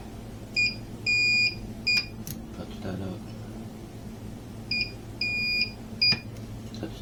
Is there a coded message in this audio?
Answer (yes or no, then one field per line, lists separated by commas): no